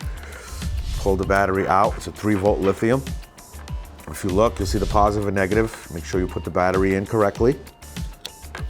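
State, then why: Seated. Someone talks while a 3 V lithium coin cell battery is pressed into its battery holder in a Honeywell door/window transmitter sensor. The battery snaps into the holder and seats with a sharp click at 8.3 s.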